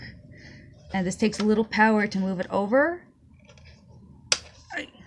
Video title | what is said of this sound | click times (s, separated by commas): Unboxing Video for JZBRAIN 4-in-1 Thermal Laminator - High Speed, Multi-functional & Time Saving | you go you heard the snap now it's an unlock and | 4.3 s